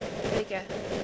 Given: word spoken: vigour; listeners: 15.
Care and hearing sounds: one English word in noise, from a listening test; noise modulated by three-talker babble; -3.3 dB; 1 of 15; 12 of 15; 0.64 s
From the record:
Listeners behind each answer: 12, 2, 1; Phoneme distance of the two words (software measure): 10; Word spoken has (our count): 2 syllables, 4 phonemes, stress on syllable 1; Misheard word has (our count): 2 syllables, 4 phonemes, stress on syllable 1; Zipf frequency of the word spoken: 3.14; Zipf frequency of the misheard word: 5.02

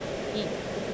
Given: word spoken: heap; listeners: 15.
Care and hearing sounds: one English word in noise, from a listening test; speech-shaped noise; -5.7 dB; 0 of 15; 11 of 15; 0.54 s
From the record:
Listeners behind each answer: 11, 1, 1, 1, 1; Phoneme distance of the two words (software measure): 17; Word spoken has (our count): 1 syllable, 3 phonemes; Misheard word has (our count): 1 syllable, 2 phonemes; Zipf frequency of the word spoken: 3.69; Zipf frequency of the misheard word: 5.21

